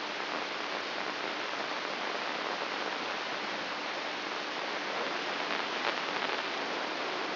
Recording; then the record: brain microelectrode recording played as sound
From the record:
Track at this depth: inside the subthalamic nucleus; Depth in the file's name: 5.483 mm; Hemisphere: left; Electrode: 2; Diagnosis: Parkinson's disease